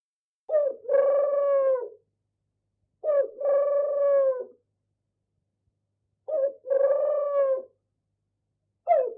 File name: Animal Turtle-Dove